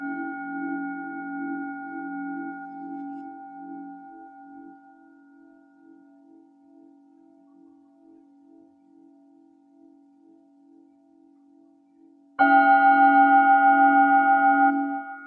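A singing bowl rings with a warm low hum and a few clear higher overtones, its tone pulsing slowly as it fades over about twelve seconds. Near the twelve-second mark it is struck again, suddenly loud and bright, then begins to settle.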